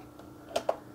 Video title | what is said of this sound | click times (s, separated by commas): This Mini CRT Monitor is a Floppy Disk Holder | they stay in there much nicer too like they kind of click in place that is great | 0.6 s, 0.7 s